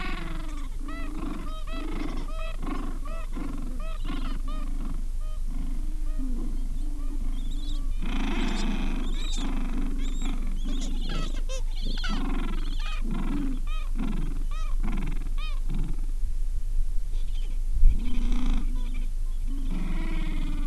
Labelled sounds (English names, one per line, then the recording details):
Gentoo Penguin
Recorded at the colony at Ocean Harbour, on 7 January 2016
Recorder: Song Meter SM2+